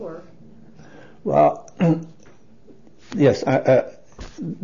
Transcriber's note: coughs